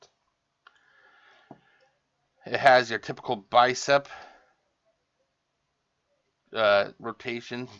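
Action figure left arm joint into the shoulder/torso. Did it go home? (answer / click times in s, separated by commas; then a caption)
no / none. The left arm of a plastic Transformers Deluxe Class Barrage action figure is moved back into position at the shoulder joint, with faint small ticks near 0.0, 0.7 and 1.5 seconds. Someone then talks. Unlike the right arm, this left arm gives no click, so nothing has clicked into place yet.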